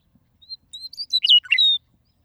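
Western meadowlark song, a clean single phrase: short flute-like whistles lead into a quick, liquid, descending warble with a bright slurred final note; otherwise quiet.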